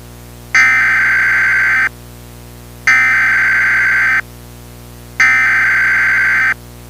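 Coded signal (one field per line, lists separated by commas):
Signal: Emergency Alert System (SAME) tones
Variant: header bursts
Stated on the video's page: Fictional, simulated EAS alert.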